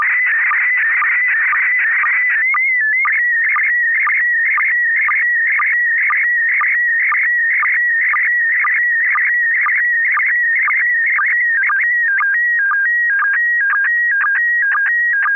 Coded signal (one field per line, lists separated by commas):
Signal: SSTV (slow-scan television)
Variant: PD 120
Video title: N6NA SSTV Net - 05/22/2024